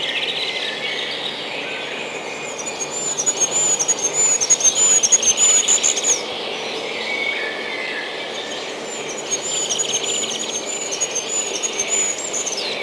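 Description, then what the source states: Goldcrest singing very high, thin, rapidly repeated notes in a rhythmic series lasting several seconds, given twice, with other birds chirping lower in the background. Spring.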